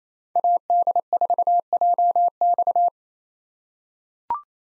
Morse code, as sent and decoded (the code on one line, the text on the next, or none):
.- -.. ....- .--- -..-
AD4JX